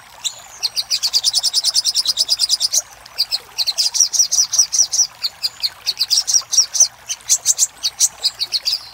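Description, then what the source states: Little spiderhunter song: a quick trill-like run of high notes, a pause, then repeated sharp chips. Master recording used for training cage birds.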